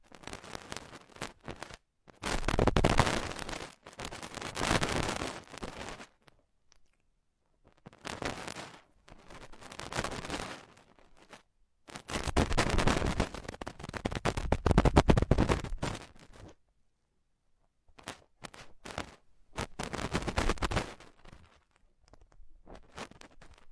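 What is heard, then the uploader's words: Ultra-fine ear touching, heard as bursts of soft scratching and rubbing that start and stop. Each stretch lasts one to three seconds and is separated by short silences. The longest and loudest passage runs from about 12 to 16 seconds. Ultra-fine ear touch, immersive experience.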